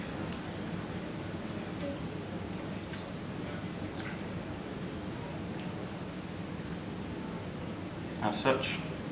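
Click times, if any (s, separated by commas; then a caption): none. A charger and data cable plug is handled at the connector socket of a Sony Ericsson Aino mobile phone while someone talks, with faint rustling and a brief burst of handling noise near the end. The plug is meant to give a firm click into place so it does not move around, but nothing has seated or clicked yet by the end of the clip.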